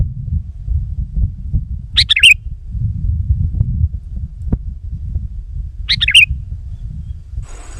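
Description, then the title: Sooty-headed bulbul sounding two short bubbling whistled phrases about four seconds apart over a persistent low rumble. "kutilang"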